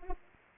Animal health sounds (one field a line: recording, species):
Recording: mosquito wingbeat signal from an infrared sensor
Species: Anopheles arabiensis